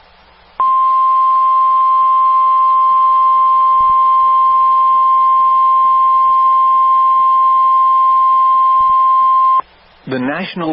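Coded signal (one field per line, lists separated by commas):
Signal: Emergency Alert System (SAME) tones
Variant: 1050 Hz attention tone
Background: speech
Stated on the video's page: Real EAS tones from a Severe Thunderstorm Warning for Floyd County, Iowa.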